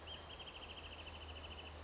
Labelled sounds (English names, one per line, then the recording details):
Wrentit
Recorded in Sonoma County, California